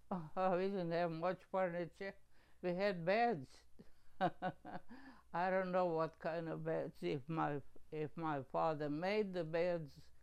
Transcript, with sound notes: Ah, we didn't have much furniture. We had beds. (laughing) I don't know what kind of beds, if my, if my father made the beds.